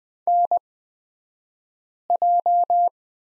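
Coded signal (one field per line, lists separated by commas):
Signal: Morse code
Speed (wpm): 20 wpm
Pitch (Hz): 700 Hz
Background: none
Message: NJ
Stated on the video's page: Morse course lesson on the prosign BK at Farnsworth speed 20/10 wpm.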